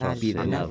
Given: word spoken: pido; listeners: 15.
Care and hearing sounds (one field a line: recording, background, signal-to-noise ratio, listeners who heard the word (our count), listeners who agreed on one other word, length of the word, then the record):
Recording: one Spanish word in noise, from a listening test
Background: four-talker babble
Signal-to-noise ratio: 0.5 dB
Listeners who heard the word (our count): 0 of 15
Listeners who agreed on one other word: 7 of 15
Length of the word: 0.31 s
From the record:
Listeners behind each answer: 7, 2, 1, 1, 1, 1, 1, 1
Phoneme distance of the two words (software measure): 10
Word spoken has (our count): 2 syllables, 4 phonemes, stress on syllable 1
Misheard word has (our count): 2 syllables, 4 phonemes, stress on syllable 1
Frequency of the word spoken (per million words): 13.47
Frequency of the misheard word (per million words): 50.11